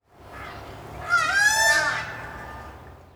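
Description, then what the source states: Peafowl giving one loud, drawn-out nasal wail that swells and then fades, over faint background hiss. Peacocks singing.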